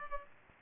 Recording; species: mosquito wingbeat signal from an infrared sensor; Aedes aegypti